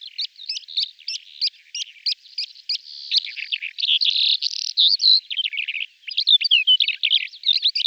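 Calandra lark delivering a fast stream of chattering, clicking notes that run into rolling buzzy phrases and bright warbled chirps.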